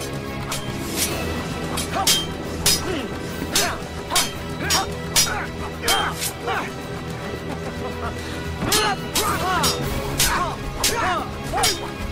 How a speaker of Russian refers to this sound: Дерутся на саблях на крыше вагона едущего поезда. Прохор делает выпады, Кирилл отбивает удары, но отступает по крыше вагона.